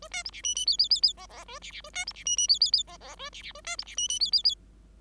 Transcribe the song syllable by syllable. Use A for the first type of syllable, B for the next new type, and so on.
A B C D E E F F F F G G A D D A B C D E E F F F G G A D D A B C D E E F F F